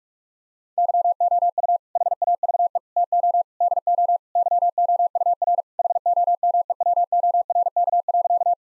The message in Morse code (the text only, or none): YOU HAVE TO DO YOUR HOMEWORK.